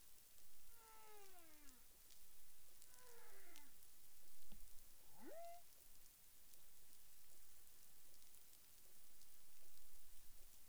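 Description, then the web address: Humpback whale calls: two falling, harmonic moans, then a sharp upward-sweeping whoop, over constant hissing background noise. Recorded 30 January 2021 at 12:42 UTC. "CARIMAM clean data humpback whale"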